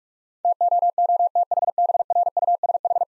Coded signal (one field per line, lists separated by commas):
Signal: Morse code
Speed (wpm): 45 wpm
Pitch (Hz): 700 Hz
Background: none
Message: TOOTHBRUSH